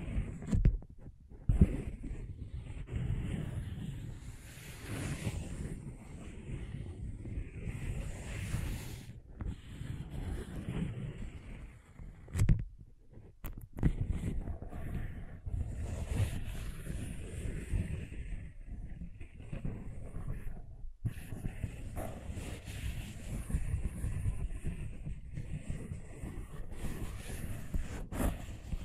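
Continuous rough scratching and tracing with a low, rumbling texture, broken by brief silences near 1, 13 and 21 seconds.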